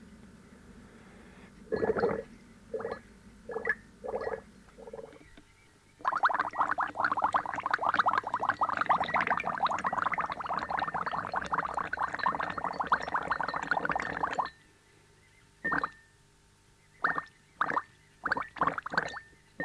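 Water sounds: a string of five short gurgling bursts early on, then a long, dense stretch of continuous bubbling and gargling from about six to fourteen seconds. After a quiet gap, several more brief splashy gulps arrive irregularly toward the end, all fairly bright.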